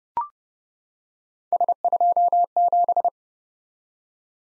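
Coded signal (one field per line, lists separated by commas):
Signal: Morse code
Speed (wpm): 29 wpm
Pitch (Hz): 700 Hz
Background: none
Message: S27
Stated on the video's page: Morse code head-copy drill at 30 wpm: random three-character letter-number groups, each sent, spoken, then sent again.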